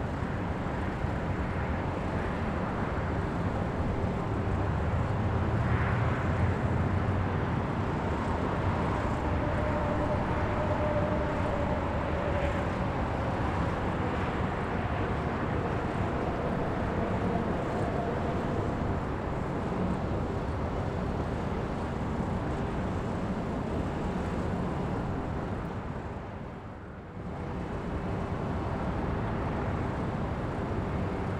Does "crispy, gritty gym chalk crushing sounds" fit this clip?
no